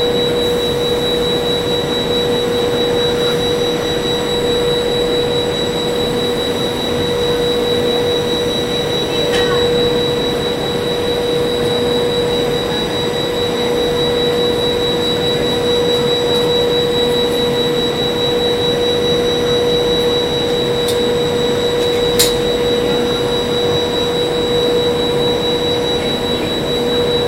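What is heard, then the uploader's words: Railroad ambience: a steady, dense rumble fills the whole clip, with a constant pure whine near 500 Hz and a fainter high tone above it, like running machinery. Brief sharp clicks cut through around nine and twenty-two seconds. Railroad Ambiance.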